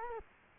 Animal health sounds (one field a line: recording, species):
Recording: mosquito wingbeat signal from an infrared sensor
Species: Culex quinquefasciatus